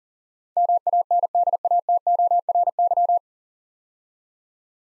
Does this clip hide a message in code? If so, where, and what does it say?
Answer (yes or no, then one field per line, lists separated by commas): yes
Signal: Morse code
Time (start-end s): 0.6-3.2 s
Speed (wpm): 40 wpm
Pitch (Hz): 700 Hz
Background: none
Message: MANDATORY